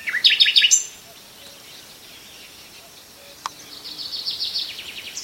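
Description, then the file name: Common nightingale song opening with a quick run of repeated sharp notes, a pause with a single click, then a softer rapid trill near the end. "Nachtegaal"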